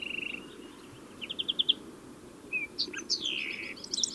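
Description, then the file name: European greenfinch giving quiet twittering notes, a short trill and a few high chirps, partly faint against steady low background noise. "Chloris chloris"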